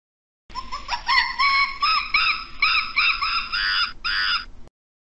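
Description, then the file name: Monkey calls in a continuous run of harsh, wavering squeals that rise at the start and then pulse in rapid, uneven bursts before ending in two shrill notes. "Tieng khi keu"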